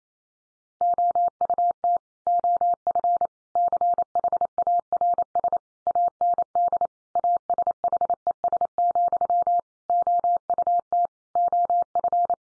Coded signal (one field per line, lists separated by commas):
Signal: Morse code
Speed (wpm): 28 wpm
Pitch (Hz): 700 Hz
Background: none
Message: OUT OF CHARS AND ASHES, OUT OF